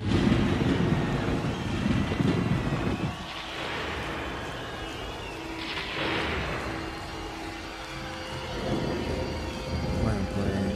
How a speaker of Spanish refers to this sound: Entonces te propongo que escuchemos unos truenos y comencemos.